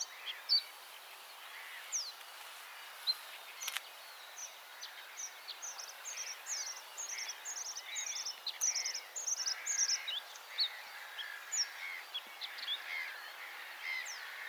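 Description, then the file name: Bluethroat song: varied high chips, sharp ticks and quick repeated note series, fast and jumbled for over ten seconds, with background hiss. Recorded at Changis, France. "Gorgebleue changis"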